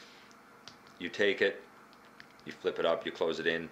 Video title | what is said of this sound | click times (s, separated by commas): Transformers Reveal the Shield Perceptor Tragedy -True Review NUMBER 26 | uh on themselves until they snap | 0.7 s